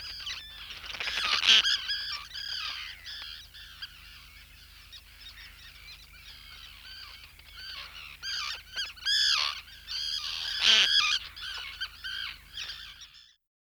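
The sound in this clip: Roseate tern calls: loud, grating cries and excited chatter from several birds overlapping, with louder bursts near the start and end.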